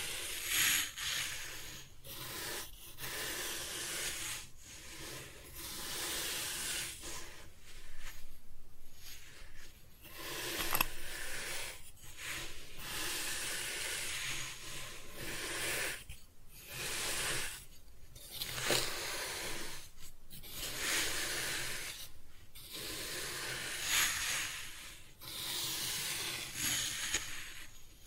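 Kinetic sand is cut and scooped in a run of soft, grainy hissing strokes, each a brushing rustle of a second or two. Brief quiet gaps break them up every few seconds at an uneven pace, and a faint steady hum sits underneath.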